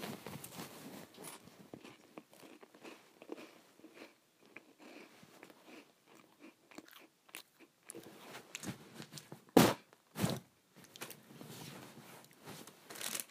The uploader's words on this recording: ASMR Eating Crackers.